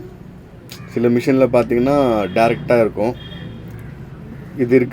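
A green plastic wire connector is plugged back onto a front-loading washing machine's water inlet valve after cleaning, and it clicks in with a single short, sharp hit at 0.7 s. Someone talks through the rest of the clip. The connector is seated.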